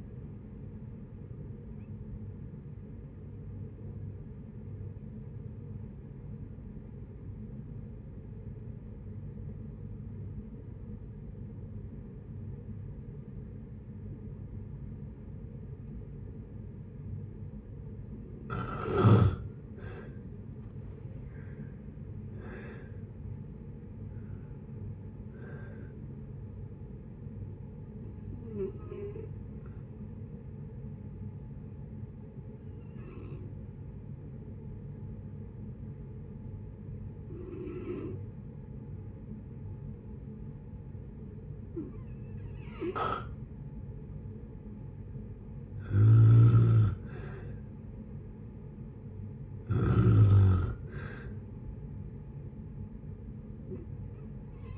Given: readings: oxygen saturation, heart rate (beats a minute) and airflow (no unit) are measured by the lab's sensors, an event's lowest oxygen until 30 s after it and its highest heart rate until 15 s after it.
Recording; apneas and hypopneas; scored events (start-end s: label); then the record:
breathing in sleep by a smartphone at the bedside; 2
7.00-18.00 s: obstructive apnea (N2, oxygen 95% highest, then 84% lowest, heart rate 58 at the start, 73 highest)
19.00-49.00 s: new sleep stage, N1 (lightest sleep)
35.00-48.80 s: hypopnea (N1, oxygen 95% highest, then 90% lowest, heart rate 58 at the start, 66 highest)
49.00-54.78 s: new sleep stage, N2 (light sleep)
From the record:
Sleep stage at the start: N2 (light sleep); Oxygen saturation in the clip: 84 to 95%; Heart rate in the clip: 56 to 73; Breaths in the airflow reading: 10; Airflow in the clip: -7.8 to 10.7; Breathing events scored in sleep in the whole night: 496 in 5.4 hours asleep